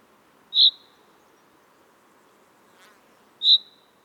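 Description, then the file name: Common chaffinch calling: two short, sharp, high notes about three seconds apart over a quiet background. "Fringilla coelebs"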